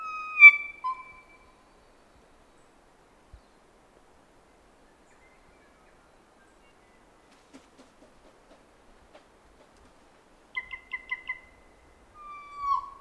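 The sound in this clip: Kōkako song: a clear, rich note falling to a lower one, a long quiet gap with faint clicks, then a quick series of repeated pulsed notes and a final drawn-out, slightly falling note.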